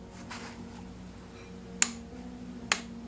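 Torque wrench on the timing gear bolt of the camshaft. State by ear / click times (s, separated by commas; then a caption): torque reached / 1.8 s, 2.7 s. A click-type torque wrench tightens the bolt on the CVVT timing gear and camshaft of a Hyundai Elantra 1.8/2.0 Nu engine, and it must be stopped at the click so the camshaft is not damaged. Two sharp clicks ring out at 1.8 s and 2.7 s over a quiet, steady background, showing the wrench has reached its torque setting.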